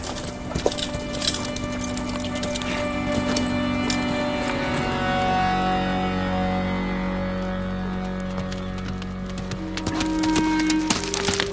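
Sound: horse hooves clip-clopping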